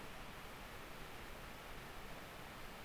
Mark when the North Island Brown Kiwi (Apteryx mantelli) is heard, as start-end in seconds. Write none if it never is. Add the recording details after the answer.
none. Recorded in New Zealand on 10 October 2014. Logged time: 22:59. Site DE66